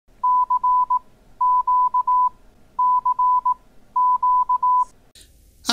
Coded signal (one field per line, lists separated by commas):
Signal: Morse code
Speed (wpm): 18 wpm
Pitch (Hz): 1000 Hz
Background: none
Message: C Q C Q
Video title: Ham 101 - Episode 9: Q-Codes, Logs, and QRZ.com